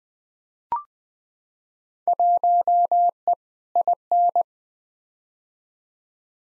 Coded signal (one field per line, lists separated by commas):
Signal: Morse code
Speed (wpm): 20 wpm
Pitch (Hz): 700 Hz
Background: none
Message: 1E IN